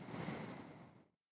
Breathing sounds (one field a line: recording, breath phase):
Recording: one breath near a microphone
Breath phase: exhalation